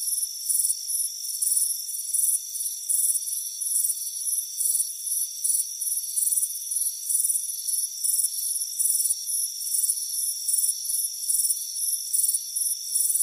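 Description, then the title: Crickets chirp in quick high pulses, a dense repeating pattern with a steady shrill drone underneath. Warm afternoon on a front porch. "Soothing Crickets Chirping Sound"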